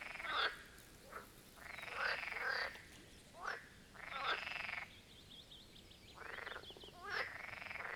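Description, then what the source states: Marsh frog calls, short rattling croaks and longer pulsed bursts alternating with quiet spells, several frogs calling. Chorus of marsh frogs at the Birkensee in Schönbuch, Germany, recorded on one of the first hot summer days of 2023.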